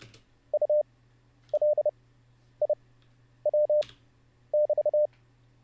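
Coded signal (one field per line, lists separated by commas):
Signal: Morse code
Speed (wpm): 30 wpm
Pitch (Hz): 600 Hz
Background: none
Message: U L I W <BT>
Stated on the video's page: Live-streamed Morse code learning practice session.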